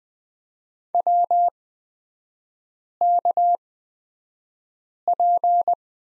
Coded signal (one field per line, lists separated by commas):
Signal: Morse code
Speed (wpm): 20 wpm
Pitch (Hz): 700 Hz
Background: none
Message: WKP